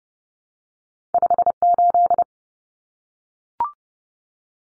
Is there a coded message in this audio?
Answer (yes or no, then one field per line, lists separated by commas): yes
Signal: Morse code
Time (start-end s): 1.1-2.2 s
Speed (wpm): 30 wpm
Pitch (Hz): 700 Hz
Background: none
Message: 58